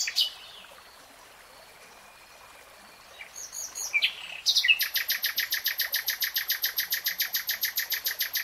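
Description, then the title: Nightingale song: a few scattered notes, then a sustained, evenly pulsed run of rapid repeated notes lasting several seconds. "[Tiếng chim hót] Nightingale Singing"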